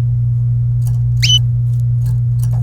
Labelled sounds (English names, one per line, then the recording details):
Domestic Canary song
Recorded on 27 April 2018 at 07:23
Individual llb3